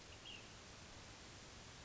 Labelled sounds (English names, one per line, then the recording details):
Ash-throated Flycatcher
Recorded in Sonoma County, California